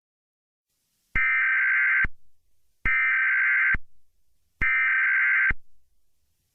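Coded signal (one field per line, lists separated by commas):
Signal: Emergency Alert System (SAME) tones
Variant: header bursts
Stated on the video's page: Fictional EAS alert with a VHS filter and text-to-speech; not a real emergency.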